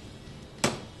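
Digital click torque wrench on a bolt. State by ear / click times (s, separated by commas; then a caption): torque reached / 0.6 s. A digital click torque wrench is tightened again on a bolt and clicks once at the set torque at 0.6 s, a short sharp snap against low background noise. The wrench has reached its set torque, confirmed by the click.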